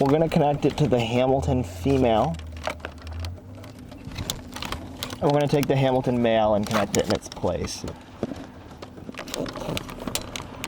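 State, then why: Seated. Someone talks while the male plastic wiring-harness connector of a CarPlay and Android Auto upgrade kit is pushed into the mating radio harness plug behind the radio display of a 2007-2009 Lexus LS, with small handling clicks along the way. The connector clicks in and seats at 10.2 s.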